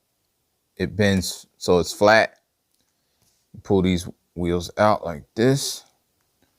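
A plastic transforming robot figure (FansToys FT-47 Rig) is handled as someone talks and pulls its wheel assemblies out, working them toward the body of the figure. Only speech and faint handling are heard. The wheels have not yet snapped into place and nothing has seated or clicked.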